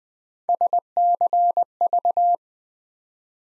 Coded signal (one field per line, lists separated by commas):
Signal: Morse code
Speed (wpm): 20 wpm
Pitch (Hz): 700 Hz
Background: none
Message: SCV